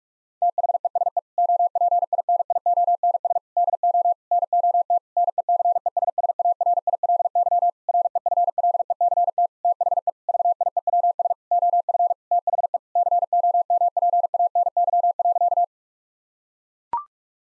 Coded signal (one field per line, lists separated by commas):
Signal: Morse code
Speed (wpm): 41 wpm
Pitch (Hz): 700 Hz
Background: none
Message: THESE OPINIONS DO NOT NECESSARILY REFLECT THE VIEWS OF THE COMPANY.